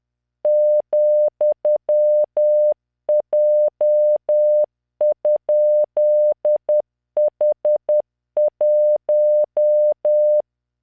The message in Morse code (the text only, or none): ,J?H1